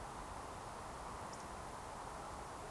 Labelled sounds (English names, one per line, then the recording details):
Eurasian Woodcock whistle
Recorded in Baden-Württemberg, Germany, on 14 June 2020 at 20:15 UTC
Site 43791, 788 m above sea level